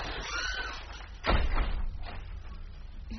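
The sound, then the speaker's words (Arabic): A door bumps open without a knock as someone enters, with a sudden low thud and a brief rattling, scraping rush of sound lasting about half a second, then fades into a quiet background hiss. “إني أعتذر، كان يجب علي أن أطرق الباب.”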